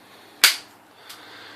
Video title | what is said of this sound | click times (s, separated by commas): From Our School Yard to Your Back Yard: HUGE ADDITION to our stackers-1288 grow cells | show them how the fight fits here's the pipe here's what it's going to look like when it's done and they just click right in there | 0.4 s